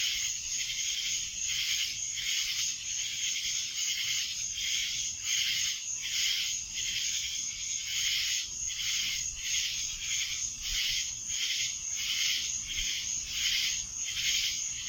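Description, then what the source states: Cicadas buzzing as a chorus, a piercing steady hiss that rises and falls in quick, regular beats. Cicadas in Annapolis, July 2012.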